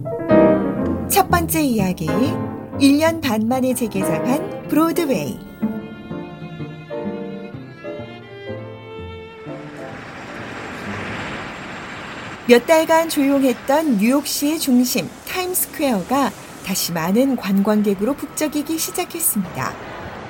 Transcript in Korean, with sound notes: “첫 번째 이야기, 1년 반 만에 재개장한 브로드웨이”[현장음: 뉴욕 브로드웨이]
몇 달간 조용했던 뉴욕시의 중심, 타임스퀘어가 다시 많은 관광객으로 북적이기 시작했습니다.